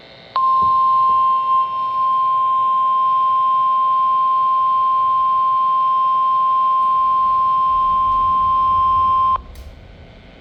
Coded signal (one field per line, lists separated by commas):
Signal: Emergency Alert System (SAME) tones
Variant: 1050 Hz attention tone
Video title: The One Guy Strikes Back.... NWS Ruskin Morning Weekly Test (7/29/26) (New EAS 1,148)